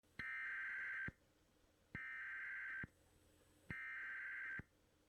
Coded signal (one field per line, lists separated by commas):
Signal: Emergency Alert System (SAME) tones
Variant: header bursts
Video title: Emergency Alert System - All types of activations compilation